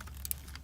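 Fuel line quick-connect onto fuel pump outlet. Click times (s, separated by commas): 0.3 s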